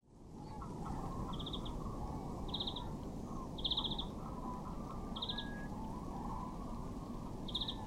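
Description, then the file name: European greenfinch giving several brief, quick trilled calls at irregular intervals, with heavy low-pitched background noise throughout. "Chloris chloris"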